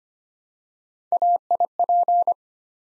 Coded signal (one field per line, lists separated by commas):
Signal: Morse code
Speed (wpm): 25 wpm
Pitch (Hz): 700 Hz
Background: none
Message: AIP